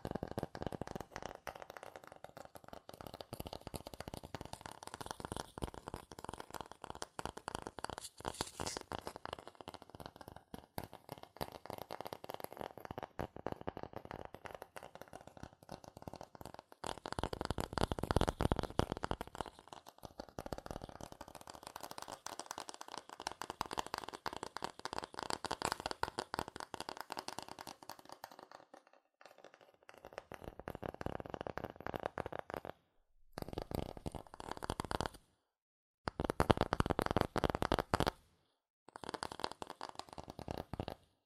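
Fast tapping, scratching and tracing on cardboard and paper, a dense run of quick dry strokes and taps through most of the recording. Louder bursts stand out near 18 and 25 seconds, and after 29 seconds the sound breaks into short separate bursts with silent gaps.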